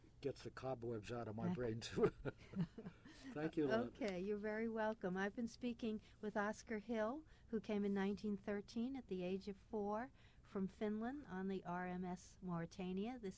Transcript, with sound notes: gets the cobwebs out of my brains. [Laughs] Thank you.
Okay, you're very welcome. I've been speaking with Oscar Hill, who came in 1913 at the age of four from Finland on the RMS Mauritania.